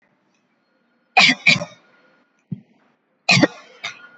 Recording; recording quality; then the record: shallow voluntary cough; excellent, no background noise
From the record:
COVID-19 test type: RT-PCR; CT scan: not taken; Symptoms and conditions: cough, hypertension, diabetes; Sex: female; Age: 53 years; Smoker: no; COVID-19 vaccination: one dose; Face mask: not worn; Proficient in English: yes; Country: India